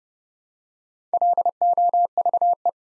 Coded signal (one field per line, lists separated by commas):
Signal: Morse code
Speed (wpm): 30 wpm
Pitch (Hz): 700 Hz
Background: none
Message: LOVE